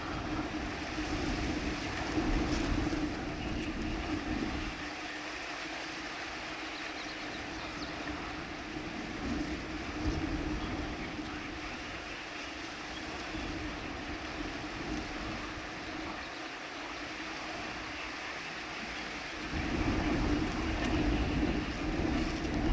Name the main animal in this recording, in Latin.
Porzana parva